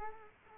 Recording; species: mosquito wingbeat signal from an infrared sensor; Culex quinquefasciatus